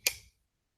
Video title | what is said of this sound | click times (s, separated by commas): Falcon Fly By October 16th | Locks up, locks in place, so I don't have to worry about my kids grabbing it. | 0.1 s